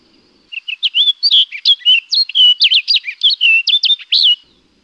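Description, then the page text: Orchard oriole delivering a fast, jumbled run of sweet whistles and chattery slurs for roughly four seconds, against a quiet background. "Orchard Oriole. Quick Sounds"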